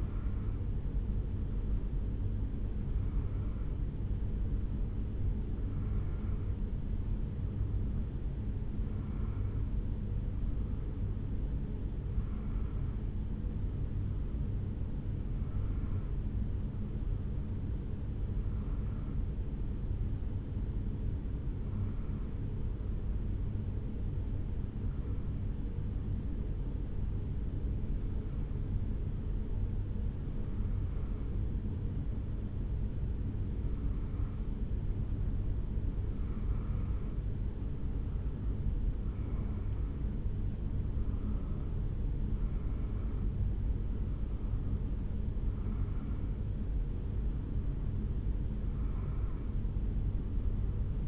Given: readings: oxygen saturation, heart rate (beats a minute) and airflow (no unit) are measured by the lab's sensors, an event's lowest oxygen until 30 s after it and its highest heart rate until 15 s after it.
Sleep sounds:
breathing in sleep by a smartphone at the bedside; 1
20.00-39.90 s: hypopnea (N1, oxygen 93% highest, then 90% lowest, heart rate 68 at the start, 74 highest)
47.00-51.08 s: new sleep stage, awake
48.00-51.08 s: awake
From the record:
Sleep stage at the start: N1 (lightest sleep); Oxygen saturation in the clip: 90 to 93%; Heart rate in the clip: 67 to 74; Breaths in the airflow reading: 17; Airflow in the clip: -4.0 to 5.2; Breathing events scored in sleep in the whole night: 449 in 7.0 hours asleep

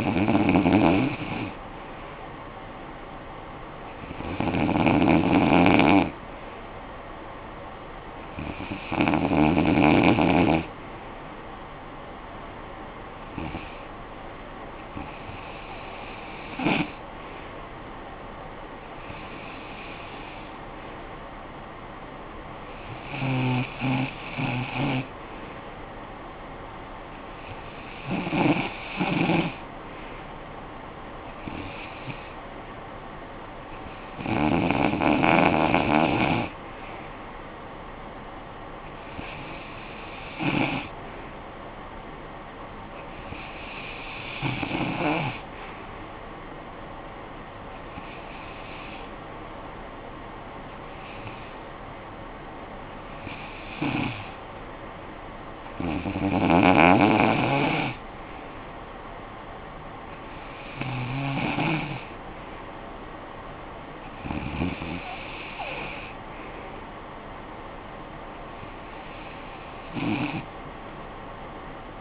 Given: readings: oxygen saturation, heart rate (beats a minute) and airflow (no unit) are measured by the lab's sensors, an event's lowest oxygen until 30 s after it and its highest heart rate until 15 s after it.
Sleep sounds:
breathing in sleep by a voice recorder at the bedside; 1
12.00-33.80 s: hypopnea (REM, oxygen 96% highest, then 93% lowest, heart rate 59 at the start, 62 highest)
From the record:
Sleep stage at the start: REM sleep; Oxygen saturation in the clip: 93 to 96%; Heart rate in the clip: 58 to 63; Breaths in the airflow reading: 19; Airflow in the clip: -12.1 to 5.6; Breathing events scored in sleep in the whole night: 445 in 7.6 hours asleep

